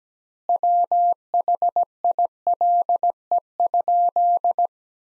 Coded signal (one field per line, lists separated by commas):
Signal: Morse code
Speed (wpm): 17 wpm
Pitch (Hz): 700 Hz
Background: none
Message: WHILE?